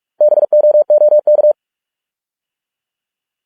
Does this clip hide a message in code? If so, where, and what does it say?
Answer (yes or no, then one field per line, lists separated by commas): yes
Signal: Morse code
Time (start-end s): 0.2-1.5 s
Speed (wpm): 46 wpm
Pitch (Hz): 600 Hz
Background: none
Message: BOOK